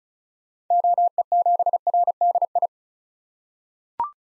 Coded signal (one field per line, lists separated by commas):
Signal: Morse code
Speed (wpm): 36 wpm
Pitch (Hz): 700 Hz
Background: none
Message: OE7RDI